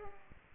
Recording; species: mosquito wingbeat signal from an infrared sensor; Aedes aegypti